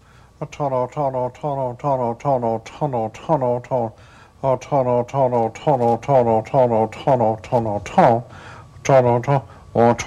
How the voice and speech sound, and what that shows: A much larger stroke can affect speech in such a severe way that only automatic sounds are available to this person. Will use the same phrase over and over again.